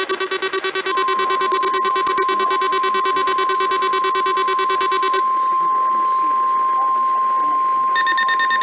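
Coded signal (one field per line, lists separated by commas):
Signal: Emergency Alert System (SAME) tones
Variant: 1050 Hz attention tone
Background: speech, music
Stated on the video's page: Received EAS tests, including Required Weekly Tests.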